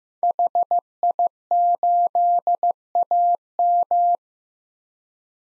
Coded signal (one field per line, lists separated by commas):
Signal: Morse code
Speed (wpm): 16 wpm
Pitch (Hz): 700 Hz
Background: none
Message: HI8AM